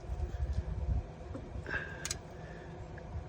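A click-type torque wrench tightens the transfer case drain/fill plug on a Toyota Highlander SUV against a low background rumble. The wrench gives a sharp double click at 2.1 s, showing the plug has reached the set torque.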